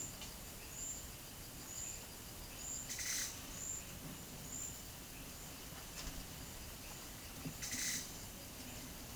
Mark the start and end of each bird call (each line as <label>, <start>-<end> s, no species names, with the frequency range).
bird call (1.4-11.4 kHz), 2.80-3.34 s
bird call (1.1-10.6 kHz), 7.55-8.09 s